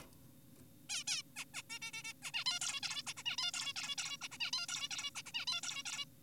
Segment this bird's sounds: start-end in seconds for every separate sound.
0.02-0.06, 0.90-1.04, 1.08-1.22, 1.36-1.45, 1.54-1.62, 1.70-1.79, 1.82-1.92, 1.94-2.03, 2.04-2.13, 2.22-2.31, 2.34-2.44, 2.46-2.59, 2.61-2.81, 2.83-3.02, 3.07-3.13, 3.17-3.23, 3.26-3.37, 3.38-3.52, 3.54-3.73, 3.76-3.96, 3.98-4.17, 4.22-4.28, 4.32-4.38, 4.40-4.51, 4.53-4.66, 4.69-4.88, 4.91-5.11, 5.15-5.22, 5.26-5.32, 5.34-5.46, 5.48-5.61, 5.63-5.83, 5.86-6.05